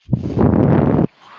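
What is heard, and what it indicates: A single one-second low, rumbling whoosh with an abrupt start and stop: one breath delivered by a home mechanical ventilator.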